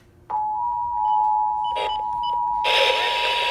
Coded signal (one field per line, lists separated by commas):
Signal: Emergency Alert System (SAME) tones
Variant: 853 and 960 Hz attention tone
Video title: Required monthly tests EAS 144-149